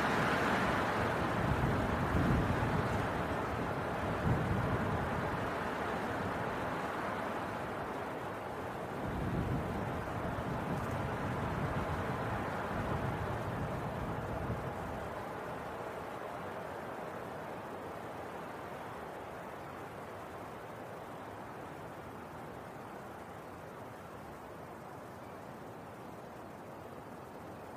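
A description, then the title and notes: A winter wind storm roars as a dense, steady rush, heaviest in the low rumble with surging gusts around the 4, 9 and 12 second marks. After that the wind gradually eases and grows quieter toward the end, leaving a softer, even blowing. Winter Wind Storm.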